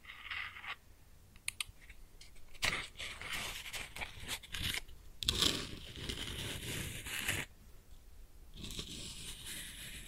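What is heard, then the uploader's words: A close match is struck and burns with scraping, crackling bursts from about three to seven seconds, then fades to a soft hiss. ASMR Close Up Matching LightingExtinguishing Fire Crackles & Sizzles (No Talking).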